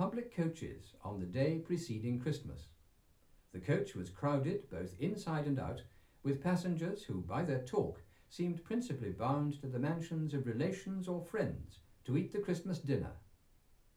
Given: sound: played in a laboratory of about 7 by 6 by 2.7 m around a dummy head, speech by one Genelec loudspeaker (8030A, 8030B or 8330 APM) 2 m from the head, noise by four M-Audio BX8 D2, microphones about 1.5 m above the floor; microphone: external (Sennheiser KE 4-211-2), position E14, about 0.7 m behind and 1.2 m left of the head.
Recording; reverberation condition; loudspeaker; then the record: male speech in English; low; 120 degrees to the right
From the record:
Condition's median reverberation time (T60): about 310 ms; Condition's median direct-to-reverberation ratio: about 3.5 dB